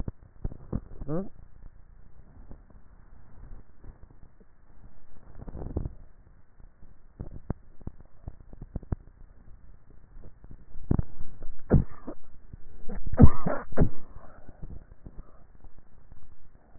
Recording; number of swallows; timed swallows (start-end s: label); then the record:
swallowing sounds by neck microphone; 2
7.05-7.95 s: swallow
10.18-10.85 s: swallow
From the record:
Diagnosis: dysphagia